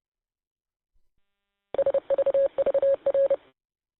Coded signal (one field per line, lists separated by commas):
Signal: Morse code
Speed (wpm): 30 wpm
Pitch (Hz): 550 Hz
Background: none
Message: SVVR